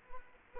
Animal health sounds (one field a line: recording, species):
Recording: mosquito wingbeat signal from an infrared sensor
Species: Aedes aegypti